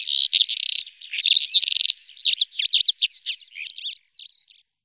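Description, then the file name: Calandra lark song: buzzy rattling trills leading into fast varied twittering and sharp slurred notes, high-pitched and continuous, fading at the end. "kalandra-zpěvná"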